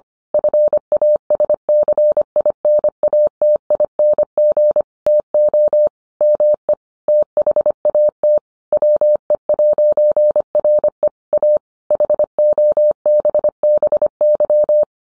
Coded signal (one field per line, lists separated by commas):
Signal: Morse code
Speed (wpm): 25 wpm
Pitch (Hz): 600 Hz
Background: none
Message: FASCINATING TO ME THAT WE'RE A HOBBY